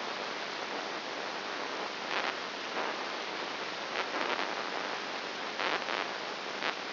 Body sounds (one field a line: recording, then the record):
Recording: brain microelectrode recording played as sound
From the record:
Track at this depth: inside the subthalamic nucleus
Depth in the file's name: 3.901 mm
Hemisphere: right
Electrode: 3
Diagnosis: Parkinson's disease